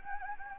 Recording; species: mosquito wingbeat signal from an infrared sensor; Anopheles gambiae